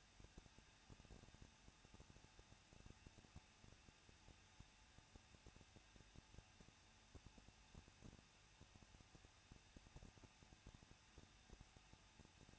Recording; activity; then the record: daily activity, microphone in the room; no activity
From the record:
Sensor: 2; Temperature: 21.0 degrees Celsius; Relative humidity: 37.4%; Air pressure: 1006.2 hPa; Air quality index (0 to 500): 221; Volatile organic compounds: 24 ppm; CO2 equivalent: 2803 ppm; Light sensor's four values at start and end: 2/3/2/2 and 2/3/2/2